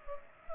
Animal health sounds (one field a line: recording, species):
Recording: mosquito wingbeat signal from an infrared sensor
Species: Culex pipiens